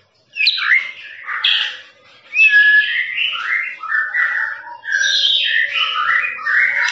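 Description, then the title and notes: Lovebird harsh, squeaky chattering song in dense bursts. Long trilling "ngekek" lovebird song, used as a master for training birds. "MASTERAN LOVEBIRD NGEKEK PANJANG. suara burung, master burung"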